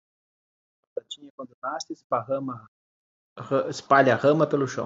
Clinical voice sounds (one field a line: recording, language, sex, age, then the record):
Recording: short text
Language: Brazilian Portuguese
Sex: male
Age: 40 to 49 years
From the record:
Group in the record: control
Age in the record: 43 years